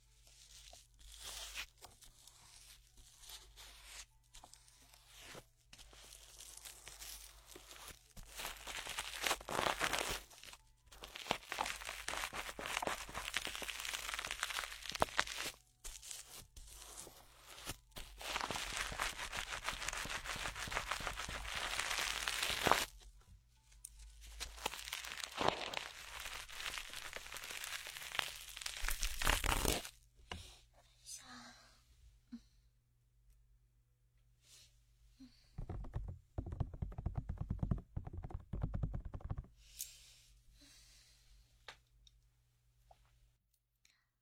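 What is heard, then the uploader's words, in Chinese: An aloe gel ear spa: sticky, crackling squishes and rubs come in dense waves, loudest between about 18 and 30 seconds. After a near-silent pause around 31 to 35 seconds, another short burst follows. A faint steady low hum runs underneath throughout. 超爽の芦荟胶耳朵SPA。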